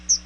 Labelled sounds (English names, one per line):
Chestnut-sided Warbler flight call